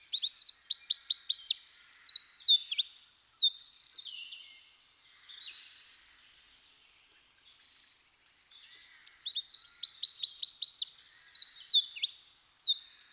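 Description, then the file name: Eurasian wren song: two long, rapid bursts of high, loud trills and sharp notes, separated by a silent pause of about four seconds. "troglodyte mignon"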